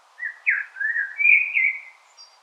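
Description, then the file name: Common blackbird giving one mellow fluted phrase, a low warble sliding up into a brighter whistle, ending in a faint high squeak. "Turdus merula"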